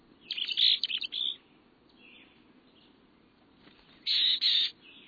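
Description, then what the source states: Mexican chickadee calls: a rapid cluster of high chips and buzzy notes, a quiet stretch, then a further burst of hoarse notes. Mountains of southeast Arizona, where the species just reaches in.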